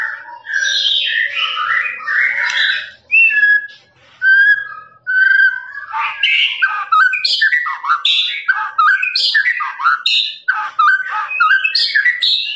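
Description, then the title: Lovebird song, a long run of fast twittering, squeaky notes, turning denser in the second half. Long trilling "ngekek" song of a lovebird, used as a master recording for training birds. "MASTERAN LOVEBIRD NGEKEK PANJANG"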